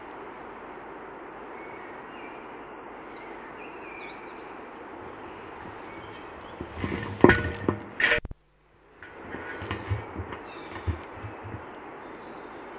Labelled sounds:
Eurasian Treecreeper song

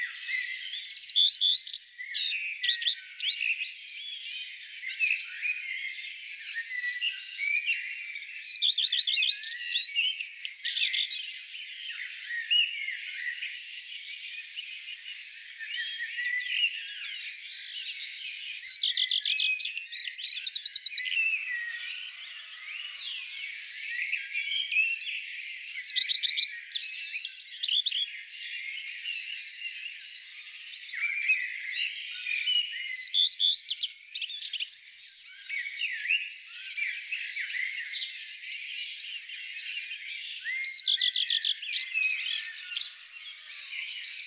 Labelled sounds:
Common Redstart song

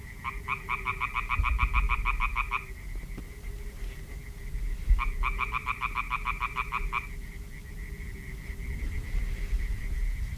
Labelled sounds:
Common Tree Frog call

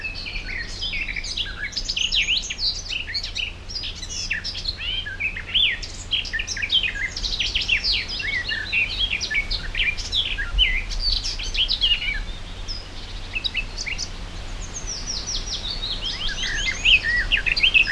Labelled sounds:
Garden Warbler song

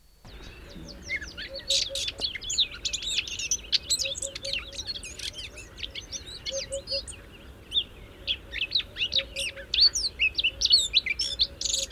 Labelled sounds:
Eurasian Blackcap song

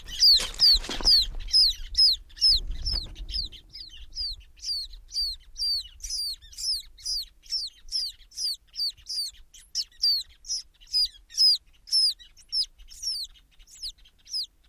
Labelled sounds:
Ruddy Turnstone call

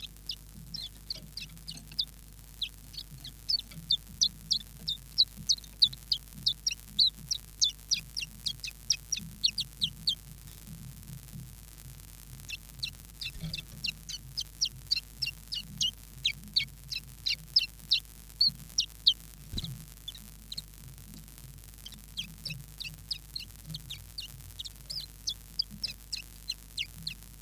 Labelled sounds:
Common Chiffchaff

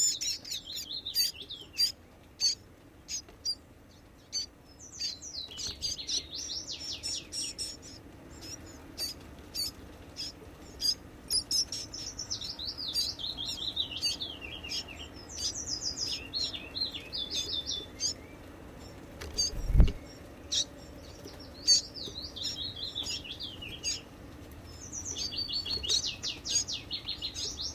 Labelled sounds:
Common Chiffchaff

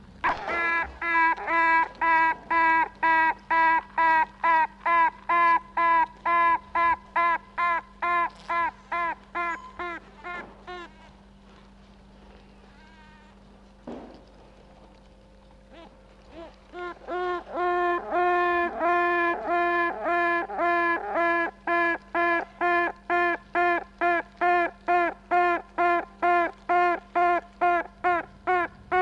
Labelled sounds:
Honey Bee

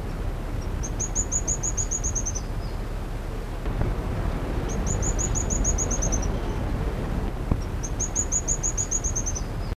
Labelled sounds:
Arrowhead Piculet call

